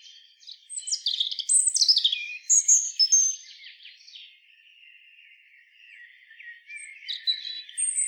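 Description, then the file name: European robin song: rapid cascades of high, sweet whistles and sharp descending notes, softening into a quiet warble before fresh high notes return. "Erithacus rubecula"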